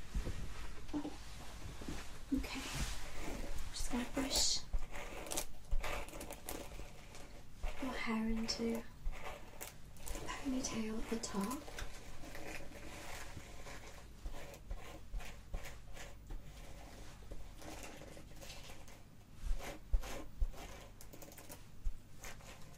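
Hair salon sounds with scattered voices talking, strongest in the first half, over a steady low hum. Short bright snips and rustles come and go throughout, with a few sharp clicks near the middle and again around twenty seconds.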